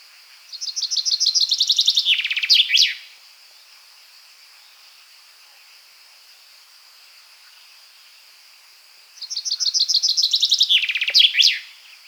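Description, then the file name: Common chaffinch singing two full songs several seconds apart, each a descending accelerating trill closed by a sharp flourish, over a steady high hiss. "Fringilla coelebs"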